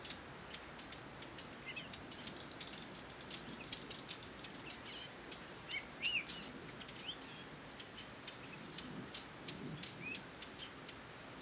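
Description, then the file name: Eurasian Blackcap ticking call, a rapid, uneven run of dry clicks throughout, with a few short warbled notes mixed in. "Sylvia atricapilla"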